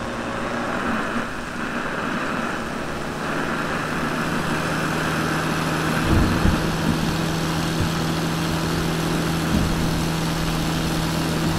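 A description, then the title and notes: A truck runs at steady highway speed, a constant low engine drone and road roar, with a deeper hum and faint knocks after six seconds. The sound of a truck at fifty miles per hour.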